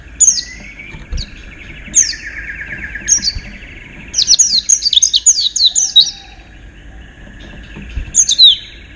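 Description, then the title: White-eye song: bursts of high, rapid twittering notes sweeping downward, with pauses between phrases. "Pleci. Haji Ifa Kudus"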